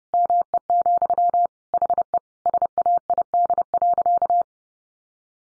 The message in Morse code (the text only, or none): ME, HE SAID.